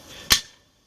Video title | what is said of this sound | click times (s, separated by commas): AOR1 Semapo NCPC Loadout/Review | snaps into place with a lot of uh positive retention as you heard | 0.3 s